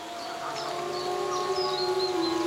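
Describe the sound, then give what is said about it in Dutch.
Several wolves howl together in long, sustained, overlapping tones, some voices steady and low, others higher and wavering, forming a continuous eerie chorus with no talking. “Wat je volgens mij vrij zeker weet, is dat ze binnen de groep, ze herkennen elkaar aan het gehuil.”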